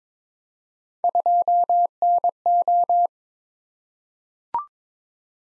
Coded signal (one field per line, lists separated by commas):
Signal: Morse code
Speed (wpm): 22 wpm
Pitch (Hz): 700 Hz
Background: none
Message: 2NO